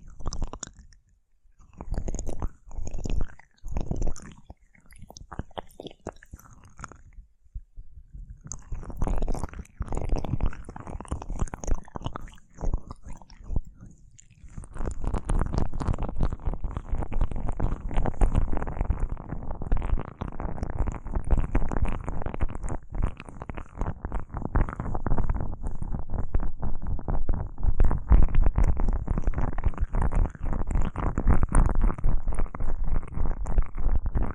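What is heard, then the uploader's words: Aloe gel ear massage, with wet squelching and rubbing that starts in short separated bursts with silent gaps, then turns continuous after about fifteen seconds. The later rubbing is dense, fast and fairly loud, with a thin high hiss running above it. ASMR Aloe Gel Ear Massage for Pure Relaxation (No Talking).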